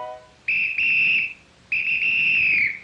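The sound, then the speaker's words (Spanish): A home fire alarm sounds during a family fire drill, as a child goes to their bedroom: two long, loud, high-pitched electronic tones, the first with a brief stutter, separated by a short gap. No one is speaking. “Ahora ve a tu cuarto y suena la alarma.”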